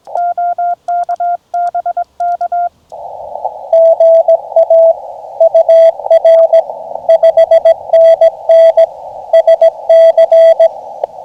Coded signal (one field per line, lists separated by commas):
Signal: Morse code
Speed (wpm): 21 wpm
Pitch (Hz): 690 Hz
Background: radio noise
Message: OK BK GA UR 5NN SC